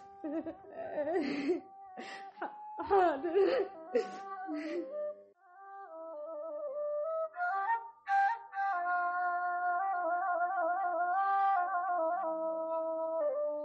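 In an Egyptian radio drama, a woman cries over a lost earring. She sobs in choppy, gasping bursts for several seconds, then breaks into a long, sustained wail whose pitch wavers and slides up and down, loud and continuous until the end.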